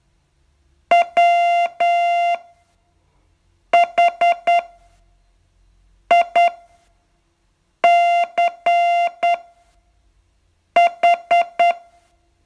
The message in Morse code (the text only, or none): WHICH